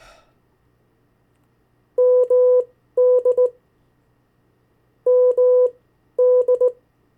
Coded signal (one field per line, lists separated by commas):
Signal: Morse code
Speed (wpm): 18 wpm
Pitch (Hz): 500 Hz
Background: none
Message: MD MD